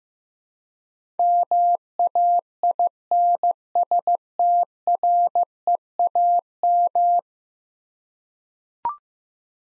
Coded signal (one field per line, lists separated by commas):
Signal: Morse code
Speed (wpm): 15 wpm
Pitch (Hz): 700 Hz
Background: none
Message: MAINSTREAM